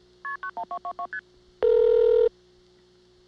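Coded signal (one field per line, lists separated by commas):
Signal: multi-frequency trunk signalling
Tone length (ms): 90 ms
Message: KP91222ST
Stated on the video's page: Siemens motor switch telephone exchange signalling at Ocala-Silver Springs, Florida.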